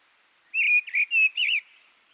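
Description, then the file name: Mistle thrush singing one brief phrase of several rich, whistled, slightly wavering notes, quiet before and after. "Grotelijster"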